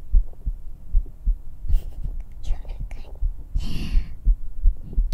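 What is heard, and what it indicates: A normal adult heartbeat, pounding, heard up close through a 3Dio binaural microphone during an embrace, with soft whispering over it.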